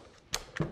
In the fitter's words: clicks back in so depending on how you want to use the gun or what suits you best you